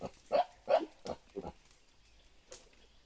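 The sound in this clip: Mountain gorilla grunting: several short, rough, throaty bursts in quick succession, followed by quiet and one brief breathy sound.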